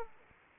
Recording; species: mosquito wingbeat signal from an infrared sensor; Anopheles arabiensis